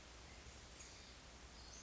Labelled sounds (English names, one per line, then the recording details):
Western Flycatcher
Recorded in Sonoma County, California